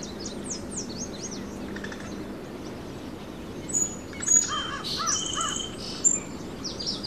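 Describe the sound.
Birds chirping with quick, high, sweeping notes early on and a few rough, rasping calls in the middle, over background noise.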